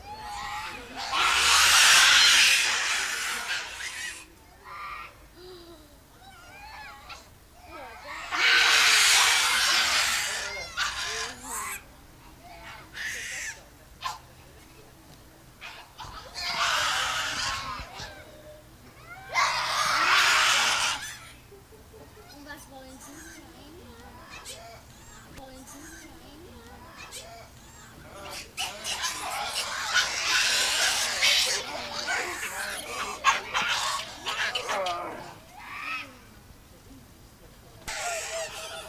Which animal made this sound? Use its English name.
Gelada